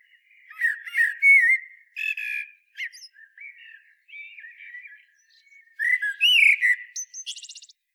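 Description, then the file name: Common blackbird song with rich, fluty whistled notes interspersed with chattering twitters, ending in a thin, rapid, high trill. "Turdus merula"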